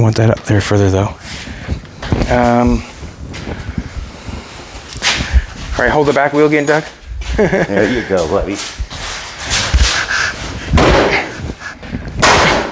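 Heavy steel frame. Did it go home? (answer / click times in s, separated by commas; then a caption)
yes / 10.8 s. The two cut halves of a shortened steel truck frame, the rear section sliding into the front half of the chassis, are driven back together with a hammer blow while a helper holds the back wheel. Someone talks, and at 10.8 s a sharp, loud snap is heard as the frame halves seat together.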